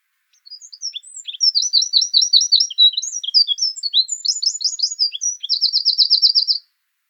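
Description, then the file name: Eurasian wren song: a long, loud, hurried stream of high chips, warbles and rattling trills, closing with a steady rapid trill. "Troglodytes troglodytes"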